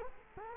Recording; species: mosquito wingbeat signal from an infrared sensor; Culex quinquefasciatus